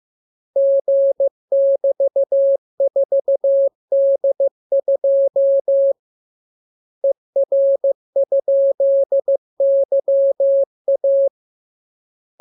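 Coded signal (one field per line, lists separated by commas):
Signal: Morse code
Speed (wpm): 15 wpm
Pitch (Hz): 550 Hz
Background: none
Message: G<BT>4D2 ER?YA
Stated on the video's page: Morse lesson drill of letters, numbers and punctuation as radiograms opening with VVV and = and ending with AR.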